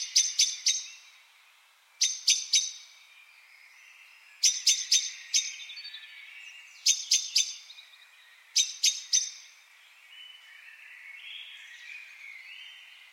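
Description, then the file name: Common blackbird repeating sharp, ticking call notes in clusters of three or four about every two seconds, then only gentle chirping from other birds. "Turdus merula"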